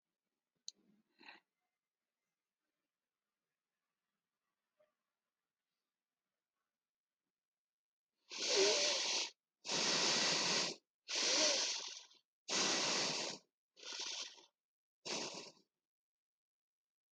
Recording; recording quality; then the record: shallow breathing; excellent, no background noise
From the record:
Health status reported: healthy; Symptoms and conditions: diabetes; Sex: male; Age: 45 years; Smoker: not ticked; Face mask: not worn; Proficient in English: yes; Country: India